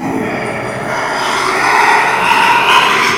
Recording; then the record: squeal of a Yucatan mini pig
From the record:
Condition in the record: after surgery on the right vocal fold (resection and tissue-engineered implant); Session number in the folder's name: 1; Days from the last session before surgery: 6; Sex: male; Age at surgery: 12 weeks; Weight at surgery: 13 kg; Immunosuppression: cyclosporine, prednisolone